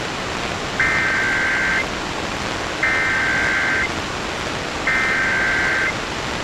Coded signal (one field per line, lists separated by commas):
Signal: Emergency Alert System (SAME) tones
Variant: header bursts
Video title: 2019 National Periodic EAS Test - WLW/WHAS/WVLK/WFRT-FM EAS Activation - 8/7/2019 2:20pm